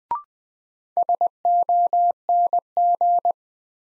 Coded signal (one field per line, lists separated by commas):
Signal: Morse code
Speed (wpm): 20 wpm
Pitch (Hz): 700 Hz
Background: none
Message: SONG